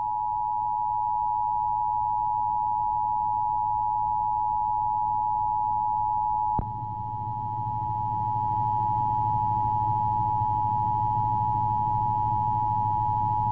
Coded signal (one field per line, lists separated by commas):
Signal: Emergency Alert System (SAME) tones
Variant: 853 and 960 Hz attention tone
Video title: EAS/EVP Nation-Wide Test - Rush Limbaugh Show - Nov. 9, 2011